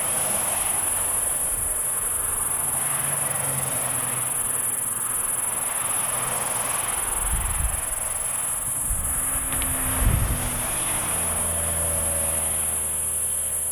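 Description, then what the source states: P. catenata: insect call, a steady high-pitched continuous hiss held without a break throughout, with low rumbles beneath it. Sir Lowry's Pass.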